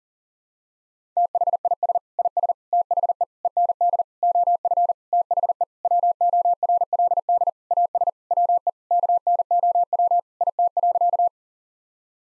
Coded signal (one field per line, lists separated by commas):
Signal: Morse code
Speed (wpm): 40 wpm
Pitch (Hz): 700 Hz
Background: none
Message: THIS IS THE END OF THE WORLD AS WE KNOW IT.